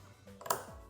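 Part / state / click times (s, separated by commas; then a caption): locking tab on mass air flow sensor connector / seated / 0.5 s. A locking tab on the mass air flow sensor connector of a 2021-2025 Kia K5 2.5L LXS is pushed home after the connector seats. Two small ticks at 0.4 s and 0.5 s lead into a sharp click at 0.5 s, and someone talks. The connector lock tab snaps in place.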